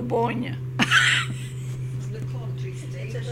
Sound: laughs

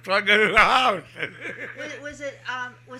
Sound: he laughs

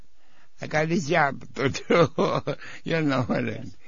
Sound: laughs

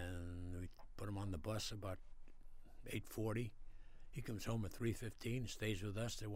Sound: none

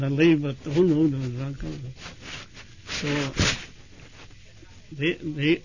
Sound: scratching noise is heard

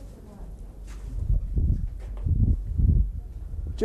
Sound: disturbance to the microphone

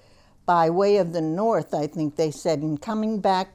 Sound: none

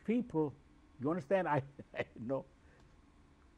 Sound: chuckles

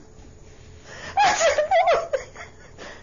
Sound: she laughs

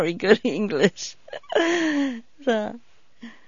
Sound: she laughs

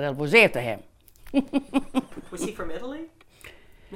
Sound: she laughs

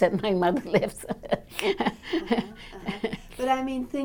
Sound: laughs

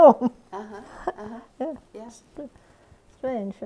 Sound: she laughs

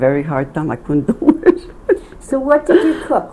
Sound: laughs

